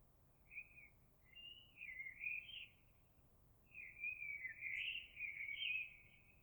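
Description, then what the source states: Eurasian blackbird song: a short note, then two fluted, warbling phrases separated by a pause, the second longer, over a low hiss. Recorded on 26 April 2022.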